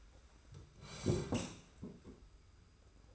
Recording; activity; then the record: daily activity, microphone in the room; sit down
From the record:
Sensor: 2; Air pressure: 991.5 hPa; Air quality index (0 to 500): 171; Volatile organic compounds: 1000 ppm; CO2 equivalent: 5518 ppm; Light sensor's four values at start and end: 25/80/31/30 and 28/88/34/32